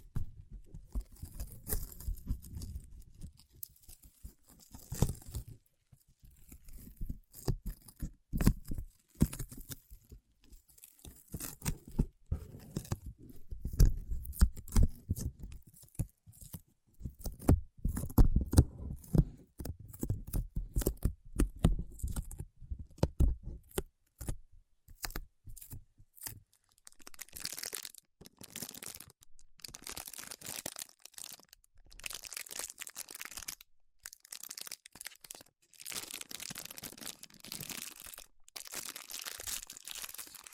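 Paraffin wax being peeled, tapped and scratched, in dense bursts of crackly, crinkling clicks. For the first 25 seconds the sounds are fuller and lower, with bunched taps and scrapes. After that they turn thin and bright, brittle scratching that comes in irregular clusters.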